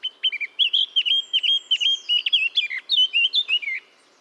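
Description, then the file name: Eurasian blackcap song: a quick series of clear whistled notes around one pitch, rising into a brighter, higher flourish toward the end. "Sylvia atricapilla"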